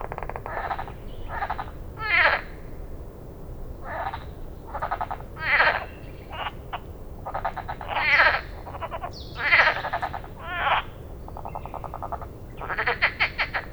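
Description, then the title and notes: Common frog chorus of rapid pulsed croaks, the bursts overlapping and repeating throughout over steady low background noise. Amphibian awakening chorus at Les Avenières Veyrins-Thuellin, France, 2021-22, with Sennheiser MKH8040 stereo ORTF microphones and a Zoom F8 recorder. "Envirhôna, Les Avenières Veyrins-Thuellin, France - Réveil batracien. Grenouille "commune""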